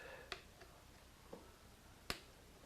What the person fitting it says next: you hear that snap